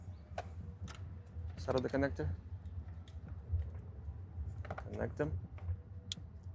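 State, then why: Seated. Someone talks while pushing a Toyota Camry XV50 (2015–2017) plastic wiring-harness connector into the mating side of a plug-and-play remote-start T-harness connector, with faint handling clicks and taps along the way. A sharp, loud click at 6.1 s shows the connector is fully seated, as it must be for the car to work properly.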